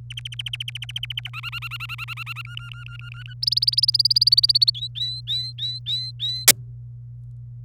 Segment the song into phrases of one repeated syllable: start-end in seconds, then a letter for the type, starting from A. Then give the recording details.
0.10-1.29 A, 1.33-2.42 B, 2.45-3.33 C, 3.43-4.70 D, 4.75-6.45 E. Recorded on 27 April 2018 at 06:27. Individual llb3